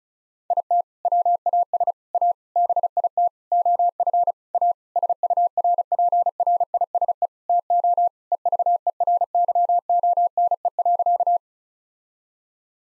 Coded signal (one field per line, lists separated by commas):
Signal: Morse code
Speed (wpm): 36 wpm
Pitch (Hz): 700 Hz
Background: none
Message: IT WAS A BIT OF A SURPRISE TO EVERYONE.